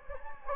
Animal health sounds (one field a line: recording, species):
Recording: mosquito wingbeat signal from an infrared sensor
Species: Anopheles gambiae